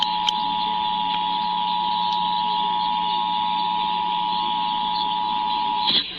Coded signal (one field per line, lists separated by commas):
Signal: Emergency Alert System (SAME) tones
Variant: 853 and 960 Hz attention tone